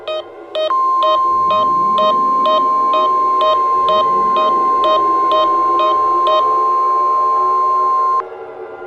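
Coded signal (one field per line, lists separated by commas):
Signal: Emergency Alert System (SAME) tones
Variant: 1050 Hz attention tone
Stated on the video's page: Fictional emergency alert scenario that may or may not contain valid tones.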